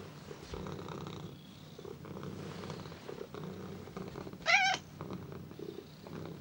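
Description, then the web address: Domestic cat gives a continuous low purr, broken near the end by a short, sharp squeal before the purring resumes. "domestic cat squealing and purring"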